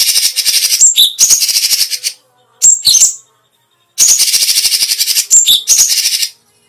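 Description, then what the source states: Cucak cungkok: rapid buzzy trill bursts mixed with sharp whistled notes, with short gaps between phrases. Special song bursts, called "tembakan istimewa".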